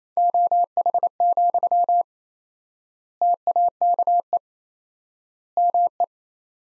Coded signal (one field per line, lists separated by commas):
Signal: Morse code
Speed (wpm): 27 wpm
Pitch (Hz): 700 Hz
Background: none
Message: OH, TAKE ME